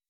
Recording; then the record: hydrophone in a shrimp aquaculture tank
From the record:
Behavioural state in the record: weakened